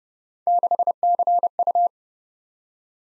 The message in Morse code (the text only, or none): 6CU